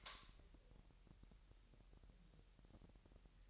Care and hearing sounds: daily activity, microphone in the room; light on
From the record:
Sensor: 3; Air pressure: 1001.8 hPa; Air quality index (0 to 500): 249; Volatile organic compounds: 51 ppm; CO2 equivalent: 3312 ppm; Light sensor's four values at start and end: 5/13/5/5 and 12/33/13/12

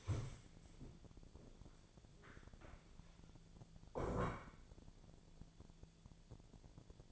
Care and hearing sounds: daily activity, microphone in the room; stand up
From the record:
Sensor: 5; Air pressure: 1000.6 hPa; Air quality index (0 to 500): 148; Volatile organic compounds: 2 ppm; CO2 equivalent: 1149 ppm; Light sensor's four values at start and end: 49/114/48/50 and 49/114/48/50

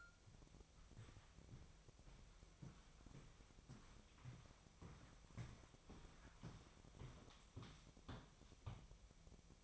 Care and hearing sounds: daily activity, microphone in the room; walk to room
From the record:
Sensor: 1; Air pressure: 999.4 hPa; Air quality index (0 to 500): 197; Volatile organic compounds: 39 ppm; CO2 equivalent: 3136 ppm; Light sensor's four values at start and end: 10/24/9/10 and 9/23/9/10

